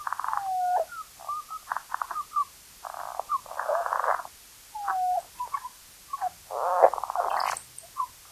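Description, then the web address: Tarahumara frog producing rough, rattling croaks and quick clucking notes in uneven clusters, with a few louder pulsed bursts near the end. North America. "Songs of Frogs Toads of North America. Tarahumara Frog"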